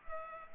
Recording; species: mosquito wingbeat signal from an infrared sensor; Culex pipiens